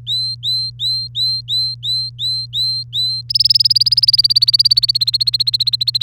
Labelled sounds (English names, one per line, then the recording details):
Domestic Canary song
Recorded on 3 May 2018 at 06:58
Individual llb3